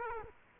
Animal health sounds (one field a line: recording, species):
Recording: mosquito wingbeat signal from an infrared sensor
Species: Culex quinquefasciatus